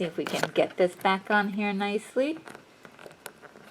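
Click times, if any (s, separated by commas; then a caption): 3.3 s. A plastic piece of a Barbie doll recording-studio playset is pushed back onto its mount on the playset frame while someone talks. After the talking, a few faint plastic taps and rubs follow, then a sharp snap at 3.3 s as the piece seats in place.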